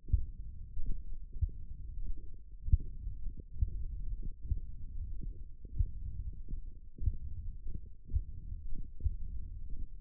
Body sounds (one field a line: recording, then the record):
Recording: forearm muscle sounds (acoustic myography)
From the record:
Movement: finger pinch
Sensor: system 1, eight BSWA MPA416 microphones around the upper forearm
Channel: 3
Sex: male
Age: 21 years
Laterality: right